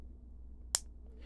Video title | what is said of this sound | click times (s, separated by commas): A Vlog Vbuild of Transformers Blokees Galaxy Version Series 01! | the head sits on and it does again snap into place so then | 0.8 s